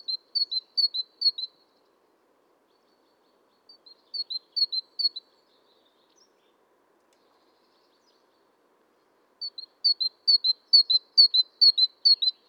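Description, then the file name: Great tit giving bright two-note phrases, high note then lower one, in three bursts of rapid repeats separated by a few seconds of silence. "Parus major"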